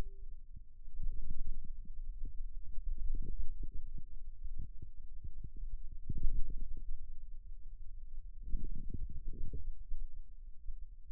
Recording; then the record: forearm muscle sounds (acoustic myography)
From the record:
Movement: radial deviation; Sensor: system 2, bracelet of six BSWA MPA416 microphones around the upper forearm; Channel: 5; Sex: male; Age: 22 years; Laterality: right